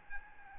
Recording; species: mosquito wingbeat signal from an infrared sensor; Aedes albopictus